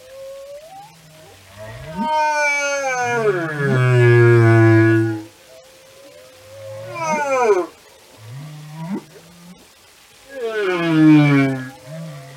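Whale song: drawn-out harmonic moans that swoop up and down, broken by short rising upsweeps and low groans, with three loud phrases across the stretch.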